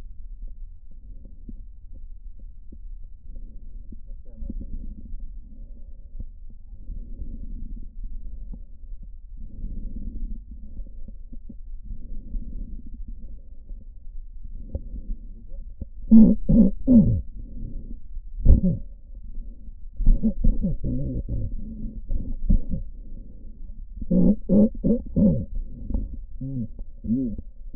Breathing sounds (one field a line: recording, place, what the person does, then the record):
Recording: lung sounds by stethoscope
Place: left posterior apical chest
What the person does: quiet breathing, then cough and speech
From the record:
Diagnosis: COPD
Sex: male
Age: 70 years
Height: 170 cm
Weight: 74 kg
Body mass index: 25.6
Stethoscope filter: diaphragm mode